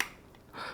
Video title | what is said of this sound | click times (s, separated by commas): Fällkniven Knives are Cool!!! (A1, S1, and F1) | it clicks so it stays it's not going to fall it has a nice little click to it | 0.0 s